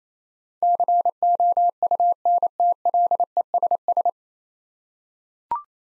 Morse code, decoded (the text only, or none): COUNTLESS